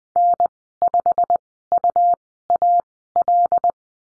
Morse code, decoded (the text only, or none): N5UAL